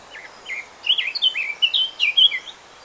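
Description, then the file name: Eurasian blackcap song: two brief notes, then a fast warbled run of varied, slurred whistles that bounce up and down for about one and a half seconds, with faint background hiss. "Sylvia atricapilla"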